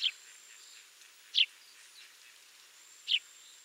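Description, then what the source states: Eurasian tree sparrow giving short, sharp chirps, three single notes spaced about one and a half seconds apart, with quiet in between. St Louis County.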